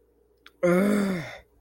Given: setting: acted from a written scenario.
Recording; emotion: vocal sound without words; anger